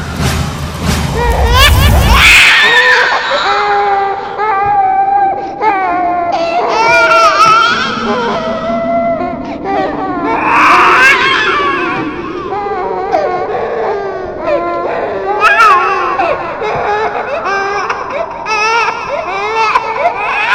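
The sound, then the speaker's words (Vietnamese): A child cries and wails continuously for about twenty seconds, with rising and falling pitched sobs and strained breaths, loud throughout, opening with a low rumbling thump; in the Vietnamese ghost story audiobook Tấm Vải Đỏ, the crying is heard from a car radio. “Nhưng vừa bật đài lên lại nghe thấy tiếng trẻ con khóc.”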